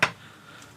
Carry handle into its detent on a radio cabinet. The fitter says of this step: können, und es klickt ein, es funktioniert sowieso nicht sehr gut